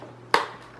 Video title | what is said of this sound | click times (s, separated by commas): Montando Ventilador Mondial 40cm - 6 pás | clique de novo. Agora tá tudo certo. | 0.3 s